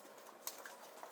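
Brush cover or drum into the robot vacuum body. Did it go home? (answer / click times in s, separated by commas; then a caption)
yes / 0.5 s. A plastic part, either the brush cover or the drum, is pressed back into the body of a white Ecovacs Deebot N30 Plus 2-in-1 robot vacuum and mop during drum cleaning. A few light ticks are heard, and the loudest, sharpest click comes at 0.5 s. The part snaps locked and is seated.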